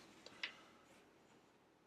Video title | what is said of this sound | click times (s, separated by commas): Build The Classic 1966 Batmobile - Fanhome vs. LEGO - Issues 7-8 | no glue it pushes in and you'll hear a little click so that goes right there | 0.4 s